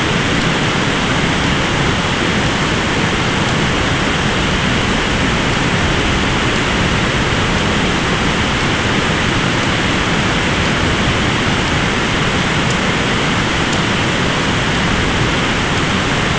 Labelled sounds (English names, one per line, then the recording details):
none
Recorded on Arctic tundra, site ZACK-1, on 14 June 2019
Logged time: 23:49